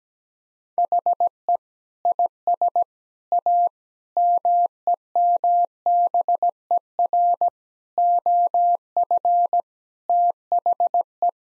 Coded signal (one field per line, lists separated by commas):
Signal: Morse code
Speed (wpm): 17 wpm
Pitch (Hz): 700 Hz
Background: none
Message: HE IS A MEMBER OF THE